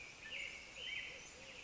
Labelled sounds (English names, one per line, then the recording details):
American Robin
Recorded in Sonoma County, California